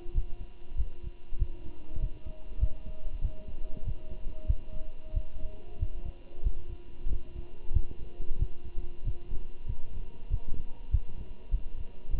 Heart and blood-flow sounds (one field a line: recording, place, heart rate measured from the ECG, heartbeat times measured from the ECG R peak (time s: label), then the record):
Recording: heart sounds by stethoscope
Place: between the tricuspid and mitral areas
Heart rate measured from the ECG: 95 bpm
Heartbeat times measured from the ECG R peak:
0.15 s: heartbeat
0.78 s: heartbeat
1.39 s: heartbeat
2.00 s: heartbeat
2.60 s: heartbeat
3.22 s: heartbeat
3.85 s: heartbeat
4.47 s: heartbeat
5.14 s: heartbeat
5.79 s: heartbeat
6.44 s: heartbeat
7.09 s: heartbeat
7.74 s: heartbeat
8.39 s: heartbeat
9.05 s: heartbeat
9.68 s: heartbeat
10.30 s: heartbeat
10.92 s: heartbeat
11.52 s: heartbeat
12.11 s: heartbeat
From the record:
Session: walking at 3.7 km/h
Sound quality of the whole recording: good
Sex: male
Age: 23 years